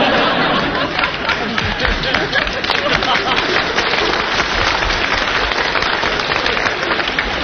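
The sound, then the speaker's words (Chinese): An audience breaks into loud, sustained applause, a dense wash of many hands clapping that holds steady throughout, with faint crowd chatter and a few chuckles mixed underneath. “也别鼓掌了，这烟全灭了。”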